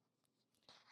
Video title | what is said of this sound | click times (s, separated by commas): Create a Yo Yo Designed Pillow with Zipper | So I heard it snap a couple of times. | 0.7 s